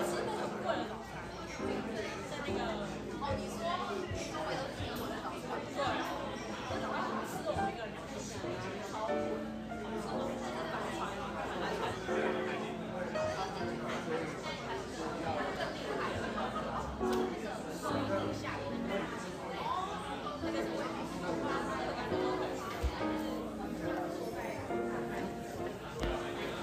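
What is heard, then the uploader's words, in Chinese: Café background noise: a steady, dense murmur of overlapping voices and chatter, with occasional soft clinks and knocks throughout. 來自咖啡廳的白噪音。本集就是現場錄製咖啡廳的白噪音。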